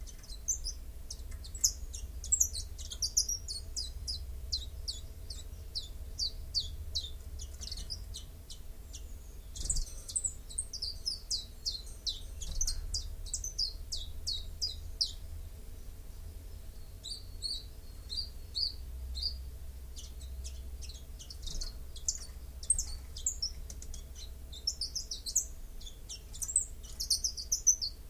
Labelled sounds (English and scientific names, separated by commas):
Common Chiffchaff (Phylloscopus collybita) song